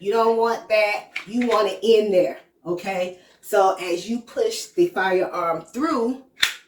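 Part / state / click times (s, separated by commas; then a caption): handgun into minimalist holster / seated / 6.4 s. Someone talks while a handgun is pushed through the strap of an MFT Minimalist holster. A sharp click at 6.4 s marks the handgun locking into the holster.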